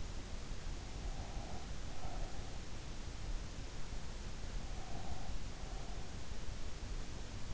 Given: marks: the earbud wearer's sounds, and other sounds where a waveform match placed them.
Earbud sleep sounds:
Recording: sounds in sleep by an in-ear microphone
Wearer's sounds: breath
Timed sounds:
0.92-2.88 s: breath
4.65-6.23 s: breath

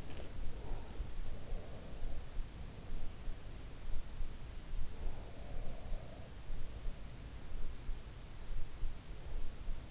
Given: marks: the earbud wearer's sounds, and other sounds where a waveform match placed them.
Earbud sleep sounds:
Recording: sounds in sleep by an in-ear microphone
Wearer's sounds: swallowing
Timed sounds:
0.00-0.36 s: swallowing
1.07-4.50 s: sound from someone else or the room
5.10-7.47 s: sound from someone else or the room

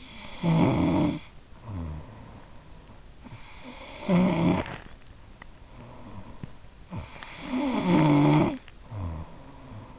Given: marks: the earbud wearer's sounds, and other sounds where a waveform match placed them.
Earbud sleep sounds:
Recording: sounds in sleep by an in-ear microphone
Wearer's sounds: snoring breath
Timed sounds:
0.00-2.85 s: snoring breath
3.25-5.37 s: snoring breath
5.71-9.99 s: snoring breath

